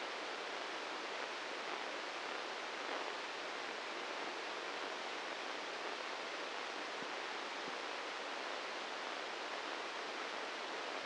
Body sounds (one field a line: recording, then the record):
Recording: brain microelectrode recording played as sound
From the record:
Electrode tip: inside the subthalamic nucleus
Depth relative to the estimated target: 1 mm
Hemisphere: left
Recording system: NeuroSet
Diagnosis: Parkinson's disease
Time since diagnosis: 15 years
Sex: male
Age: 65 years